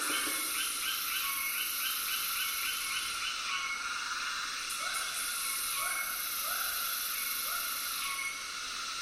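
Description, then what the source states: Frog croaks: a few short rising calls under dense continuous cicada buzzing, after a quick chattering series. Tropical soundscape with cicadas and frogs.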